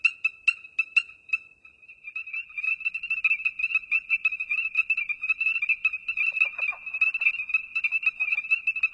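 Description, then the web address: Ornate chorus frog chorus: high, piercing peeping notes repeated rapidly, several frogs overlapping into a dense, continuous ringing chorus. North America. "Songs of Frogs Toads of North America. Ornate Chorus Frog"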